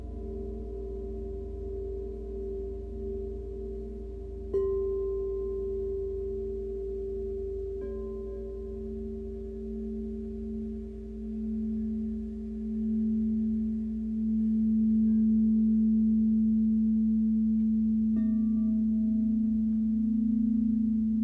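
Sustained, ringing bowl tones hum steadily throughout, with a low drone underneath and a brighter tone layered above. Soft struck accents land near 4.5, 8 and 18 seconds, each adding a brief bright ping. The sound swells gradually louder after the midpoint.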